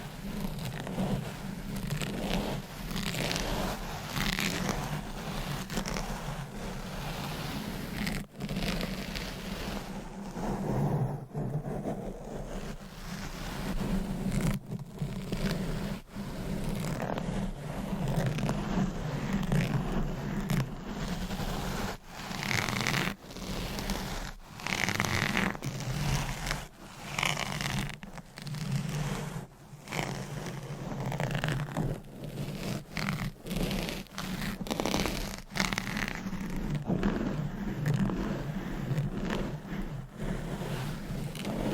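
Scratching and rubbing sounds with nails and items, a dense, rough texture that runs almost without pause through the clip. Short gaps and abrupt cuts break it up every second or two, and a steady low hum sits underneath throughout.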